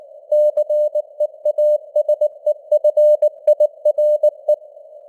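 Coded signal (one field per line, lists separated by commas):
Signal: Morse code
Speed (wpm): 19 wpm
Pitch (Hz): 600 Hz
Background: none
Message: CEASEFIRE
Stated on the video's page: Morse news headlines at 19 wpm with simulated radio noise and varying signal strength (QSB).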